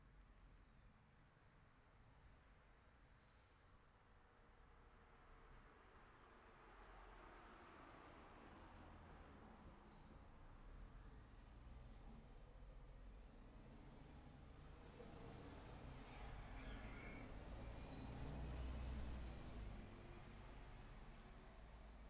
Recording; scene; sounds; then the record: everyday scene through a hearing-aid microphone; in traffic; traffic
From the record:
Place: city secondary road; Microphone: behind the ear, left, front